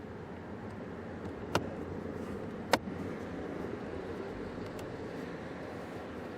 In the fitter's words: and then it simply snaps into place